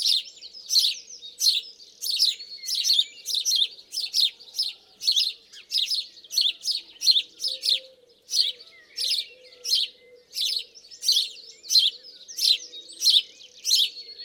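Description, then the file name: House sparrow chirping, harsh bright chirps repeated about one and a half times per second, steady throughout, with a faint low wavering sound underneath. "Passer domesticus"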